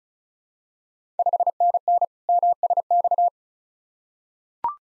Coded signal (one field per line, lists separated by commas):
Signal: Morse code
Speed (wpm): 36 wpm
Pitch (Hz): 700 Hz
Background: none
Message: 5NN MSX